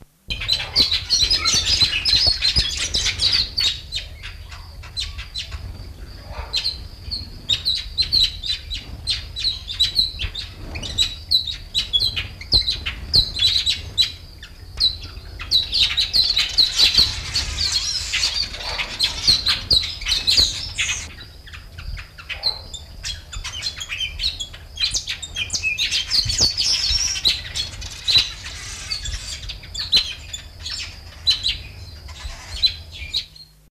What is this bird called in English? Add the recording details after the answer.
Village Weaver. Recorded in captivity. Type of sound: call. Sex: group. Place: Zoo Duisburg, Nordrhein-Westfalen, DE. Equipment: Halbspur, 9,5 cm/s. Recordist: Lütgens, Hans. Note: Rufe